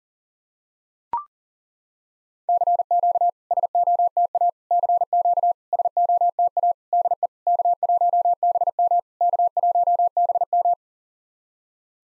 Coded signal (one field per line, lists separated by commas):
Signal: Morse code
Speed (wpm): 40 wpm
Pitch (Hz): 700 Hz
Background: none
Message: CQ SOTA CQ SOTA DE K1BM K1BM